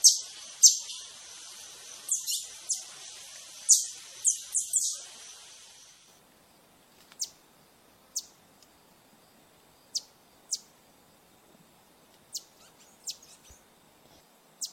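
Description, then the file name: Green honeycreeper high, thin chip notes, quick bursts at first under a hissy band, then isolated sharp downslurred notes at irregular intervals. "Canto do sai verde"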